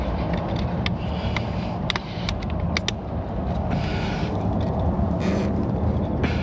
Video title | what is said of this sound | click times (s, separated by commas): MALIBU COMEBACK? EXPRESS, JEEP Diag, Xtool Peek, LINCOLN, DAY in the SHOP 402 #auto #repair #fix | I didn't hear a click | none